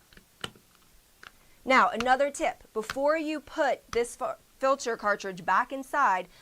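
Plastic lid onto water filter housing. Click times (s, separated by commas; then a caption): 0.4 s. The plastic top lid of a Nikken PiMag Waterfall water filter unit is pressed down onto its housing after the cartridge parts are put back, and it clicks into place with a sharp tick at 0.4 s, among faint ticks around 0.1 s and 1.3 s. Someone then talks.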